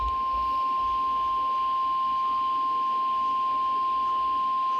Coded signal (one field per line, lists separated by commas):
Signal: Emergency Alert System (SAME) tones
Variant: 1050 Hz attention tone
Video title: EAS/NWR Alert or message #1292-1293: Severe Thunderstorm Warning double header